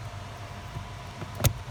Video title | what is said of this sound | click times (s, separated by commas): 2005 Toyota Tacoma blend door actuator replacement video 2 | it's just gonna fit right in right here snaps | 1.5 s